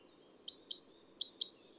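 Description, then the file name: Great tit song, a clear two-note phrase of short high notes followed by a longer steady whistle, repeated twice. Adult male. "gtit-major-1-AD-M-S-IND 01 d bb felgentreu"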